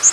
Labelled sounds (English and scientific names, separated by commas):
Northern Waterthrush (Parkesia noveboracensis) flight call